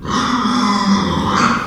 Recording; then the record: squeal of a Yucatan mini pig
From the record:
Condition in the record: after surgery on the right vocal fold (resection and tissue-engineered implant); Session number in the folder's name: 15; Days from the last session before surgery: 175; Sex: female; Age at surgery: 19 weeks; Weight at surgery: 25 kg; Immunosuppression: prednisolone